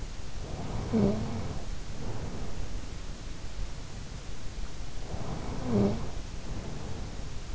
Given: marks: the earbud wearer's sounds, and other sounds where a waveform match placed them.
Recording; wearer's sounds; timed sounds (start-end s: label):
sounds in sleep by an in-ear microphone; snoring breath
0.44-2.83 s: snoring breath
4.79-7.55 s: snoring breath